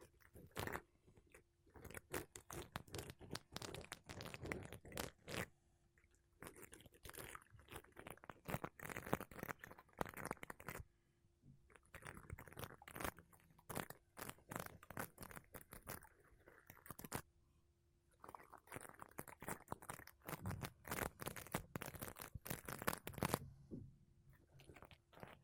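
Makeup brushes and a sponge rub over a microphone in quick bursts of dense, bright scratchy strokes, sounding almost like crunching or chewing. The rubbing comes in flurries of several seconds with short quiet pauses between them, and a faint steady low hum runs underneath.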